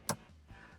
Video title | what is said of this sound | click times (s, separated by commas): Lucky8's Easy Install Guide: Transformative LED Cargo Light for Defender L663 | rectangle piece that slides in place listen for the click | 0.1 s